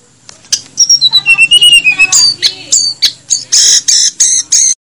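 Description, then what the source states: Snowy-browed flycatcher giving a run of high whistled notes stepping downward, then harsher chirps, ending abruptly in silence. Masteran track made for training cage birds; Indonesian names Tledekan Gunung and Sikatan Gunung.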